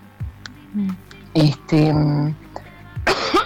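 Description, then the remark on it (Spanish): A person clears their throat and coughs in several short, rough bursts separated by brief pauses, with a couple of strained, voiced grunts in between and a final harsher cough. “disculpen, estoy con un poco de tos.”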